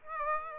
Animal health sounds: mosquito wingbeat signal from an infrared sensor; Aedes aegypti

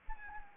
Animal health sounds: mosquito wingbeat signal from an infrared sensor; Anopheles arabiensis

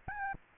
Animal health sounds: mosquito wingbeat signal from an infrared sensor; Aedes albopictus

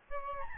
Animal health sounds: mosquito wingbeat signal from an infrared sensor; Aedes albopictus

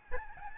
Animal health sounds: mosquito wingbeat signal from an infrared sensor; Aedes albopictus

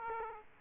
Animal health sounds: mosquito wingbeat signal from an infrared sensor; Aedes aegypti

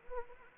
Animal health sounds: mosquito wingbeat signal from an infrared sensor; Anopheles arabiensis

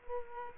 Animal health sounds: mosquito wingbeat signal from an infrared sensor; Culex quinquefasciatus

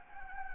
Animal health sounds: mosquito wingbeat signal from an infrared sensor; Anopheles gambiae

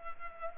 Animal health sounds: mosquito wingbeat signal from an infrared sensor; Culex pipiens

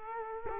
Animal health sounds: mosquito wingbeat signal from an infrared sensor; Culex quinquefasciatus

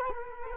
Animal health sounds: mosquito wingbeat signal from an infrared sensor; Culex quinquefasciatus

